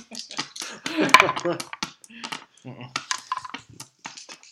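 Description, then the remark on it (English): Dice clatter and tumble across a table in a short burst of sharp clicks, with people talking over and around the rattle. “I'm using the dice.”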